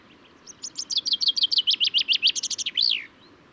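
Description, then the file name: Common chaffinch giving one cheerful song, a quick cascade of repeated notes that ends with a loud, looping terminal flourish. Recorded at Důl Bílého Labe, Czech Republic, on 22 May 2018. "cchaffin-coelebs-1-M-S cz dul-bileho-labe"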